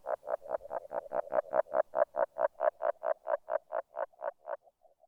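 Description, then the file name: Agile frog giving a rhythmic train of short croaks, building in loudness at first, then fading into a few soft final notes. "salamandre. grenouille agile"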